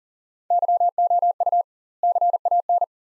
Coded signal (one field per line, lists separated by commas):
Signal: Morse code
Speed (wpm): 40 wpm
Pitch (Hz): 700 Hz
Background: none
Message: YOU CAN